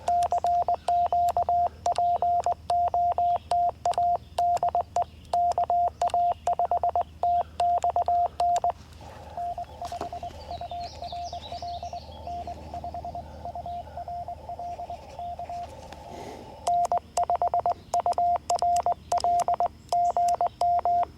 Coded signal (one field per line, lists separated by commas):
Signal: Morse code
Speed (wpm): 20 wpm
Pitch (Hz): 700 Hz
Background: radio noise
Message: CQ POTA DE KA5TXN N5URL N5URL K N5URL GM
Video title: FTX-1 QRP CW Activation at Hagerman National Wildlife Refuge